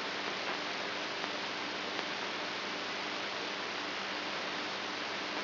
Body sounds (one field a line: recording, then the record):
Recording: brain microelectrode recording played as sound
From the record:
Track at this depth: outside the subthalamic nucleus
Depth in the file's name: 6.307 mm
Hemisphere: right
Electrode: 2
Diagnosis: Parkinson's disease